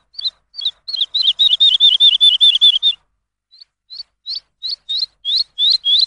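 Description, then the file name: Lark song: spaced chirps quickening into a fast run of looped high notes, then slower, evenly spaced upswept whistles. Lark song used for training songbirds. "suara masteran lark"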